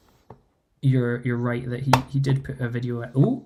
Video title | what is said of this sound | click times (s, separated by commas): Lake-Town Board Build, Painting Hard and Talking Rubbish - A Test Live Stream | Oh shit, that's just clicked into place. | 0.3 s